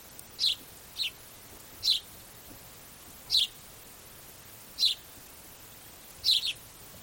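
House sparrow giving short high chirps, several spaced notes at irregular intervals over a faint hiss.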